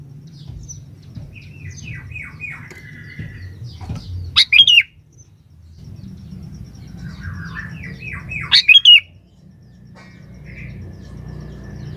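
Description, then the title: Sooty-headed bulbul repeats a loud, liquid phrase twice, about four seconds apart, with quieter falling chirps before each phrase and a constant low hum. "Kutilang"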